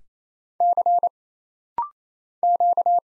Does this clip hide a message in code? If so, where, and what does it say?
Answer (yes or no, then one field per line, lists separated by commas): yes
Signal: Morse code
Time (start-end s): 0.6-3.0 s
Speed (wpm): 27 wpm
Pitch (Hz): 700 Hz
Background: none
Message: C Q